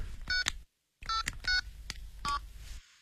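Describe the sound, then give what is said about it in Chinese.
A quick series of electronic keypad tones as a mobile phone number is dialed to call the man called the Nanjing gentleman, with about six short beeps in uneven bursts split by a brief silence, and no one speaking. “好，那么你现在就给那个南京先生打电话，打手机。”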